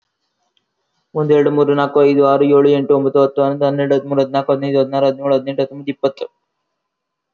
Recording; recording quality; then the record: counting at a fast pace; excellent, no background noise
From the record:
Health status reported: healthy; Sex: male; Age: 26 years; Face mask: not worn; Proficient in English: yes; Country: India